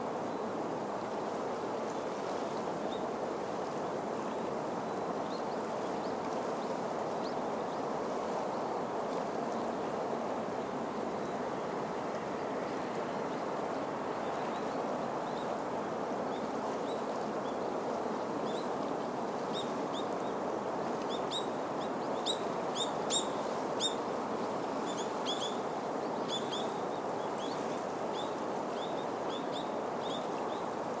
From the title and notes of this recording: 満月の下流れる川. The sound of a flowing river under the full moon.